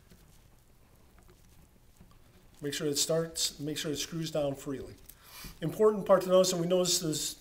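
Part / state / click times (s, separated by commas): jaw carrier threading onto rivet tool front end / not seated / none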